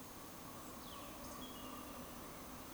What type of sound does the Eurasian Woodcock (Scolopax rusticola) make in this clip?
whistle